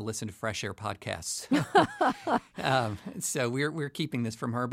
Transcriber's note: laughter